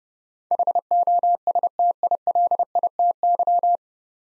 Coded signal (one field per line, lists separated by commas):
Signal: Morse code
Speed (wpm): 30 wpm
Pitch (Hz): 700 Hz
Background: none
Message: HOSTILITY